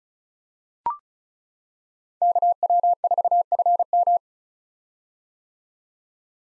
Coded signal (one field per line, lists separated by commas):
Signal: Morse code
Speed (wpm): 34 wpm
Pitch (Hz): 700 Hz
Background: none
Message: KW4FM